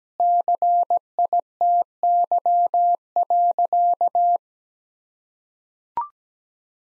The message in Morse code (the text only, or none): CITY.